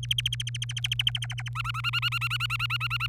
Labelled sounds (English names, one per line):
Domestic Canary song